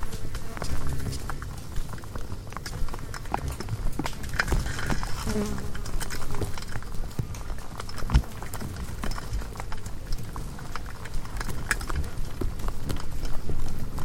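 Countless insects swarm a lone porch bulb at night, their dense ticking and tapping steady over a low, rumbling outdoor background with occasional thuds.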